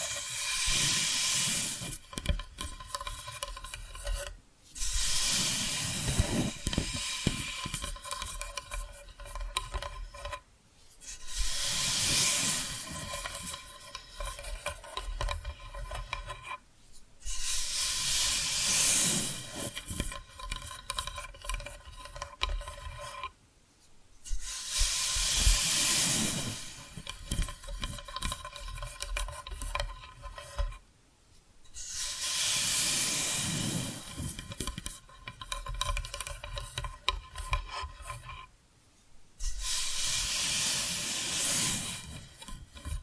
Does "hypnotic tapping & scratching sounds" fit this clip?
yes